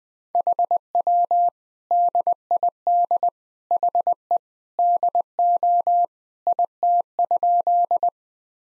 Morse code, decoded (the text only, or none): HW DID HE DO IT?